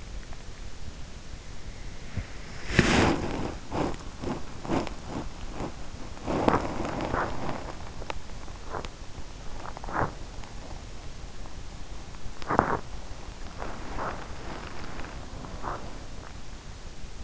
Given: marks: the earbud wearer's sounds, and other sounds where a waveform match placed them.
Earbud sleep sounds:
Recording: sounds in sleep by an in-ear microphone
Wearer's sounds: body movement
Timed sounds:
2.05-17.24 s: body movement

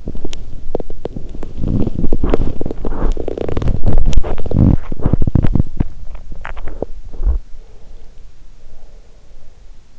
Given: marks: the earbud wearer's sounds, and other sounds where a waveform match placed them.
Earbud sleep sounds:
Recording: sounds in sleep by an in-ear microphone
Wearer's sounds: body movement, swallowing, breath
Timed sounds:
0.00-7.34 s: body movement
3.80-7.02 s: swallowing
7.57-9.91 s: breath

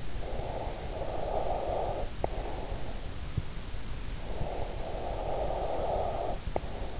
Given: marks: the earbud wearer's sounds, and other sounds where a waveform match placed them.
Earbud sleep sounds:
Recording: sounds in sleep by an in-ear microphone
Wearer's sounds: breath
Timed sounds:
0.11-3.11 s: breath
3.94-7.00 s: breath

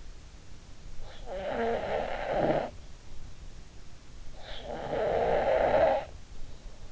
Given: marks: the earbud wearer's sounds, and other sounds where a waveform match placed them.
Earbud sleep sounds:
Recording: sounds in sleep by an in-ear microphone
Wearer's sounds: snoring breath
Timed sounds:
1.11-2.86 s: snoring breath
4.33-6.18 s: snoring breath

